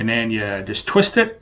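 A man talks as a metal MEIKE Canon EF-RF drop-in filter lens mount adapter is handled and begins to be twisted onto a mirrorless camera's bayonet mount. The clip ends before the adapter locks, so nothing has seated or clicked yet.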